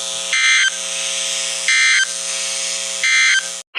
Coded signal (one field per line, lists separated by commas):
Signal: Emergency Alert System (SAME) tones